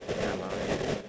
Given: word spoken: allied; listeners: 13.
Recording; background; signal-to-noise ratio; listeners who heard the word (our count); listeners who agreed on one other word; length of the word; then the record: one English word in noise, from a listening test; noise modulated by three-talker babble; -7.5 dB; 0 of 13; 8 of 13; 0.69 s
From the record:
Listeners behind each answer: 8, 2, 1, 1, 1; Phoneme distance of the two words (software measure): 7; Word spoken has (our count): 2 syllables, 4 phonemes, stress on syllable 2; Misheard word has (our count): 2 syllables, 3 phonemes, stress on syllable 2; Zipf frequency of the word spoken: 3.69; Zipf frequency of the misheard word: 3.76